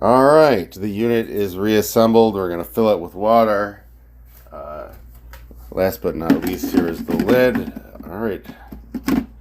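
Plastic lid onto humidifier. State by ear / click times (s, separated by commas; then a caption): not seated / none. Someone talks while handling the plastic lid of a reassembled Honeywell HWM440/445 humidifier after a cleaning, bringing it toward the unit. Brief knocks come around 5.3 s and near 9.0 s between the speech. The lid has not yet seated or clicked into place.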